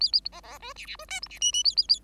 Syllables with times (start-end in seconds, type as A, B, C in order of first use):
0.00-0.11 A, 0.12-0.21 A, 0.32-0.41 B, 0.43-0.58 B, 0.60-0.73 C, 0.76-0.86 D, 0.86-0.96 D, 0.99-1.05 C, 1.08-1.20 E, 1.22-1.28 F, 1.29-1.39 D, 1.41-1.52 G, 1.52-1.64 G, 1.64-1.75 A, 1.76-1.87 A, 1.88-1.99 A